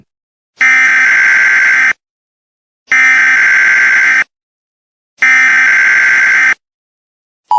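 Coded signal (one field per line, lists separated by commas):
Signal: Emergency Alert System (SAME) tones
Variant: header bursts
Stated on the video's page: Fictional EAS scenario, simulated alert.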